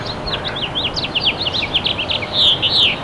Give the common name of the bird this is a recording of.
House Finch